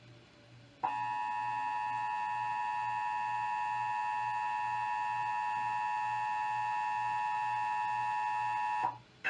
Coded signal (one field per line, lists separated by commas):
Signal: Emergency Alert System (SAME) tones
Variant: 853 and 960 Hz attention tone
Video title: child abduction emergency (EAS#16 &#19) Stations KGG68 tomball TX channels 162.400MHz 14-1 TV